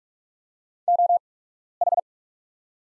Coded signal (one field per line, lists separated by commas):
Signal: Morse code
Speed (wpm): 44 wpm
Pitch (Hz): 700 Hz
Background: none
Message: OH